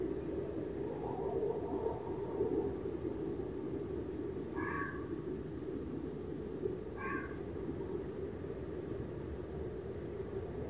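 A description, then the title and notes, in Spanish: A night soundscape under a steady low rumble like distant traffic. Early on, a drawn-out low call sounds for about two seconds, possibly the eagle owl, then two short, bright, yelping barks come at around five and seven seconds, likely the fox. Paisaje sonoro: Una noche de celos. Durante el mes de diciembre entran en celo especies como el búho real (Bubo bubo) o el zorro (Vulpes vulpes).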